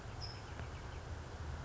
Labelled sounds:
California Towhee (Melozone crissalis)
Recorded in Sonoma County, California

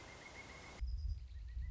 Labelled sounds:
Pileated Woodpecker (Dryocopus pileatus)
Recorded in Sonoma County, California

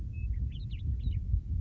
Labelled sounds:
Western Meadowlark (Sturnella neglecta)
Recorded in Sonoma County, California

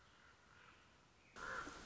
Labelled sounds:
Common Raven (Corvus corax)
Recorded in Sonoma County, California

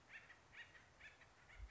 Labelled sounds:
Acorn Woodpecker (Melanerpes formicivorus)
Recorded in Sonoma County, California

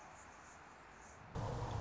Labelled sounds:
Anna's Hummingbird (Calypte anna)
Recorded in Sonoma County, California

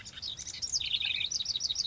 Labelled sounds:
House Wren (Troglodytes aedon)
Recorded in Sonoma County, California

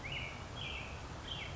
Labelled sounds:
American Robin (Turdus migratorius)
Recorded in Sonoma County, California

